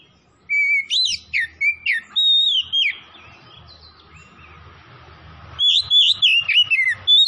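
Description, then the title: Oriental magpie-robin song: quick string of clear, varied whistles and slurred notes, a quiet gap, then another lively burst, with a steady background hum. Tretes; singing vigorously, described as gacor. "Kacer Tretes"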